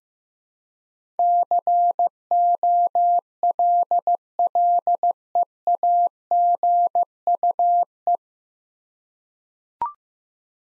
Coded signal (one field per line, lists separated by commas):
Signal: Morse code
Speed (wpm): 15 wpm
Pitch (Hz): 700 Hz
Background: none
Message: COLLEAGUE